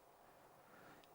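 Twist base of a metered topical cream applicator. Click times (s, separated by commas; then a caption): 1.0 s. The plastic twist base of a metered topical cream applicator, held upright, is turned until it gives a single detent click at 1.0 s. The click is a brief, faint high-pitched tick over a steady low background hiss. That one click meters one dose.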